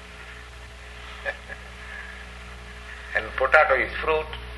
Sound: chuckles

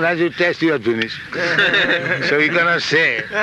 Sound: laughter

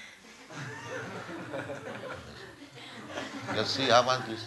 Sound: laughter

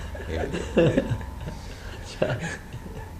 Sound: laughter

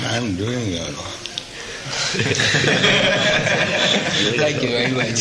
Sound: laughter

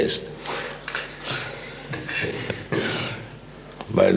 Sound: laughter

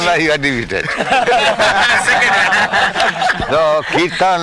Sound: laughter

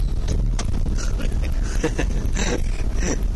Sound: laughter

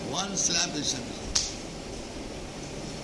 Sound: claps hands sharply

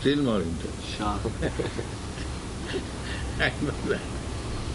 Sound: laughs

